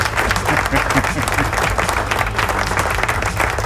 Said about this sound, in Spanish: Así que aplausos, ¿dónde están los aplausos? Que esto acaba, no llegan los aplausos, ¿dónde están los aplausos? Zumba los aplausos ahí, ahí están.